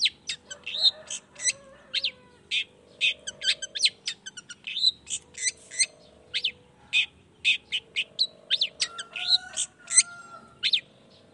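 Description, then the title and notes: Long-tailed shrike singing a busy jumble of quick chirps, squeaks and short whistles, delivered almost without pause. Singing actively in the morning with 'toet toet' voice variations; meant to stimulate reluctant shrikes into joining the song quickly. "Cendet Gacor Dor Di Kala Pagi Toet Toet Variasi Suara J. Cendet Gacor Di Pagi Hari Rangsangan Emosi Cendet Malas Bunyi Supaya Secepatnya Ikutan Bunyi. Burung cendet"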